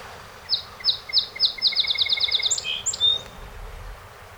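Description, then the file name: Song sparrow singing: four spaced high introductory notes, then a quickening run of clipped repeated notes closing in a buzzy flourish and a thin whistle. Recorded 7 June 2018; collection of 48 songs. "2018-06-07 Song Sp 48 Songs"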